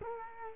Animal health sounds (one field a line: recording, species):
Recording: mosquito wingbeat signal from an infrared sensor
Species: Culex quinquefasciatus